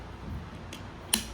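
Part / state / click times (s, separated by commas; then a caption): harness strap tongue into stroller crotch buckle / seated / 1.1 s. On a Mompush Lithe V2 stroller, the bottom crotch buckle of the harness is pulled up and the plastic shoulder-strap tongue is pushed into it, with a soft sound near 0.7 s. A single sharp click follows at 1.1 s as the tongue seats and locks in the buckle.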